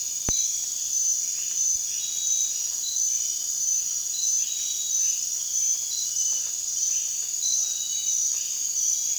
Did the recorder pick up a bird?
no